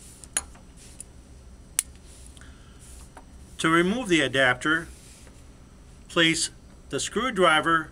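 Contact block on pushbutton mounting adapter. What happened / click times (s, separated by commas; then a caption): The plastic block snapped free of its mount / 0.4 s, 1.8 s. A small screwdriver goes into the slot on the plastic contact block of an Eaton Cutler-Hammer M22 Series pushbutton and is pushed down to pry the block off its mounting adapter. Sharp plastic snaps at 0.4 s and 1.8 s mark the block unlatching and releasing from the adapter. Afterward someone talks.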